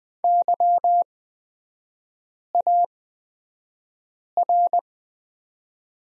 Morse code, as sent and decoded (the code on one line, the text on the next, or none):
-.-- .- .-.
YAR